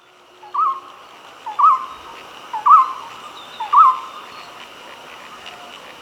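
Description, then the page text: Golden-throated barbet song: four hollow, mid-pitched hooting notes, each with a slight upward inflection, spaced about one second apart over a faint steady background hiss. "Golden-Throated Barbet Song. Quick Sounds"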